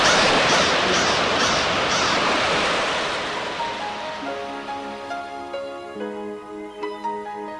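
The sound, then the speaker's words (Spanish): A broad, steady rush of ocean surf washes for a few seconds, then gradually fades as soft, sustained musical notes rise in and take over. “El sonido azul del mar.”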